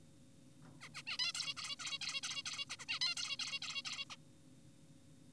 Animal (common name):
Zebra Finch